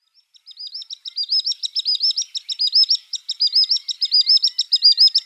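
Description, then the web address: Common sandpiper giving a fast, nearly continuous series of shrill, high whistled notes lasting about five seconds. Male display. "Schulze Peter Common Sandpiper male display"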